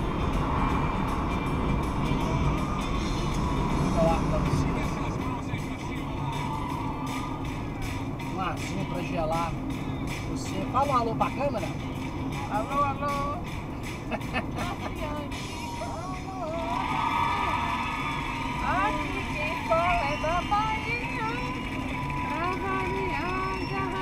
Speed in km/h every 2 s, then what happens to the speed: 102, 108, 111, 113, 112, 110, 102, 96, 96, 95, 94, 97.
0-7 speeds up to 113. 7-14 slows to 96. 14-24 steady at about 96.